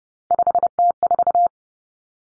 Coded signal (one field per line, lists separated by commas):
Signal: Morse code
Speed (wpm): 30 wpm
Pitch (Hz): 700 Hz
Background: none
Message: 5T4